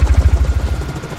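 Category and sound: vehicle, helicopters flying overhead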